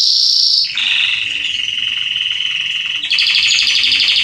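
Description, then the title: Belgian canary song: a high rapid trill, then a long lower buzzing roll lasting over two seconds, then another bright high trill. Male Belgian canary singing a lot; recording made to warm up and train young canaries. "Esquente Seu Filhote E Canario Belga Em 30 Minutos Macho Cantando Muito. CANTO DO CANRIO"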